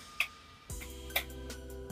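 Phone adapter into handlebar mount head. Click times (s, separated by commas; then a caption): 0.2 s. A universal phone adapter is pushed down and twisted into a Quad Lock Handlebar Mount Pro head, giving a sharp click at 0.2 s as it locks in place so it cannot come loose. A second short tick follows at about 1.2 s over a steady low hum that begins around 0.7 s.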